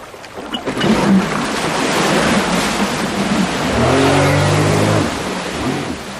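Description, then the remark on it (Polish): A jet ski engine roars steadily over rushing water, its pitch rising in a strong rev near the middle before settling back, with spray and wave noise throughout and no talking. “jeżeli ktoś nie potrafi manewrować skuterem, to przy tej prędkości, jeżeli będzie leciał 100 km na godzinę”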